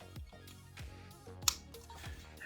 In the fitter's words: nice little satisfying click